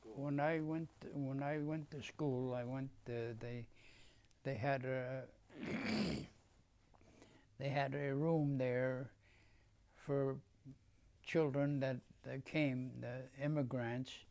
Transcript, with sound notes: Well, when I went — when I went to school, I went — they — they had a — [clears throat] they had a room there for children that came, immigrants